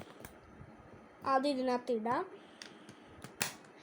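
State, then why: Seated. A suitcase's latch tongue is pushed into its combination lock body while someone talks. A few faint ticks follow, then a sharp click at 3.4 s as the latch engages in the lock, and the lock is then scrambled.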